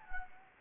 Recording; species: mosquito wingbeat signal from an infrared sensor; Anopheles gambiae